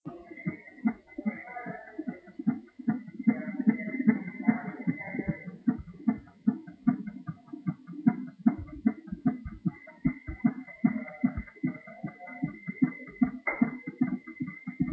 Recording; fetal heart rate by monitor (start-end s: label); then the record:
fetal heart sounds by stethoscope on the mother's abdomen
0.00-10.00 s: 150 bpm
10.00-14.93 s: 156 bpm
From the record:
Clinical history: preterm rupture of membranes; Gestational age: 26 weeks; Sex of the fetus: boy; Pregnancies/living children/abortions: 1/0/0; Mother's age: 22 years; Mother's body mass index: 21.5